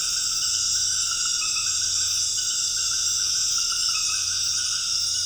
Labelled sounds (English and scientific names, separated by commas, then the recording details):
none
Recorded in dense forest near Puerto Asís, Putumayo, Colombia, on 13 March 2025 at 20:30
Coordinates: 0.484, -76.325
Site G045